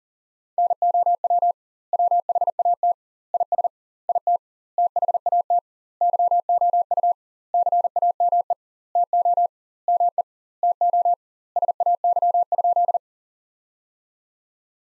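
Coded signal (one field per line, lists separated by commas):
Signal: Morse code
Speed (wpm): 40 wpm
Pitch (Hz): 700 Hz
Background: none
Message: NOW WHAT IS IT THAT YOU CAME TO ME TO SAY?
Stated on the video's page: Morse practice sentences from the top 200 words at 40 wpm with 2x standard word spacing, a Farnsworth-like method applied to words.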